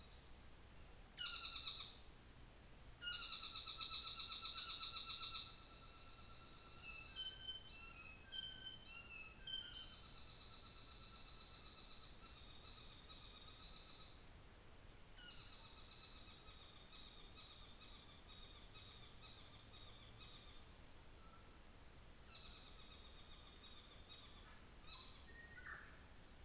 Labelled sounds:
North Island Saddleback
New Zealand Fantail
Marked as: faintness 1/5, faintness 2/5
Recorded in New Zealand on 24 December 2018
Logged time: 15:45

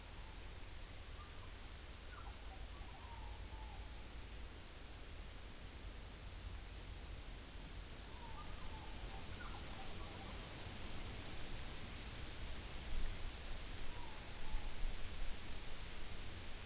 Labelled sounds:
Morepork more-pork call
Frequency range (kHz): Morepork 0.7-1.1 kHz
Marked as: faintness 4/5
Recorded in New Zealand on 11 September 2013
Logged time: 02:19
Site Ponui

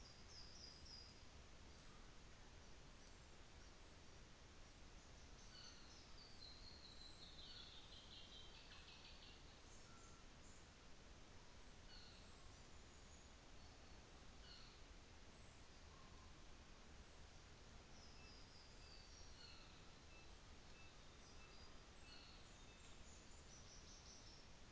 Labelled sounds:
New Zealand Fantail
North Island Saddleback
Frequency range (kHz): North Island Saddleback 2.4-2.8 kHz
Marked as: faintness 4/5, faintness 5/5
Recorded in New Zealand on 24 December 2018
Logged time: 17:45

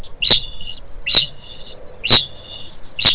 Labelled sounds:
Kākāpō ching call
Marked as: faintness 2/5
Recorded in New Zealand
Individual Stumpy

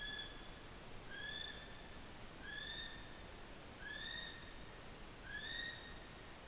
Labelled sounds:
North Island Brown Kiwi male call
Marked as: faintness 2/5
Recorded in New Zealand on 16 June 2014
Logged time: 02:19

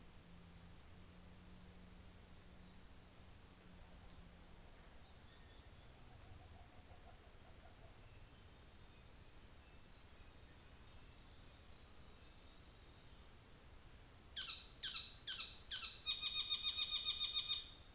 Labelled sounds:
New Zealand Fantail
North Island Saddleback
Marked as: faintness 5/5, faintness 3/5, faintness 1/5
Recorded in New Zealand on 24 December 2018
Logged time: 15:00

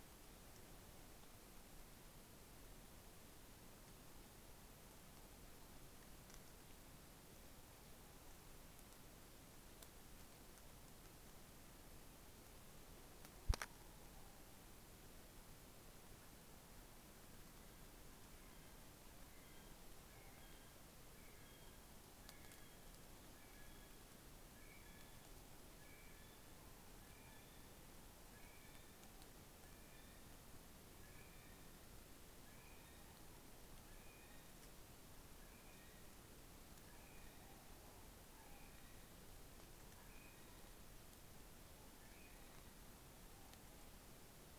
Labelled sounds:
North Island Brown Kiwi male call
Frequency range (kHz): North Island Brown Kiwi 1.2-5.0 kHz
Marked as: faintness 3/5
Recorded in New Zealand on 9 December 2013
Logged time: 23:28
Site DE65

